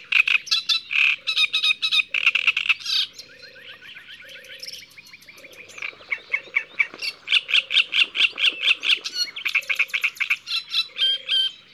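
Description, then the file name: Great reed warbler song: strident, scratchy notes repeated in bursts with a brief quieter rattle, while low croaking calls pulse regularly in the background. "Rousserolle turdoide ABC des chants doiseaux"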